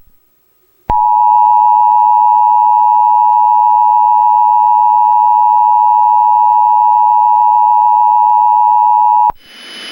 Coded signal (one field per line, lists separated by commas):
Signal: Emergency Alert System (SAME) tones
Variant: 853 and 960 Hz attention tone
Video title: IT: The EAS Scenario